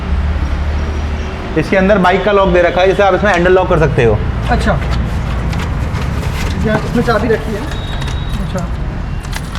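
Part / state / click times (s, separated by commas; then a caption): handlebar steering lock on an e-rickshaw / not seated / none. The handlebar steering lock on an e-rickshaw is being handled so the handlebar lock engages. Someone talks over a steady low rumble, with light metallic handling sounds toward the end. The lock is not yet home, and nothing has seated or clicked yet.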